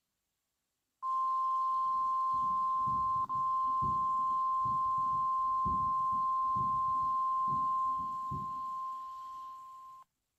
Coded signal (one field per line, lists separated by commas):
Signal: Emergency Alert System (SAME) tones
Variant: 1050 Hz attention tone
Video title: Required Weekly Test (EAS 421)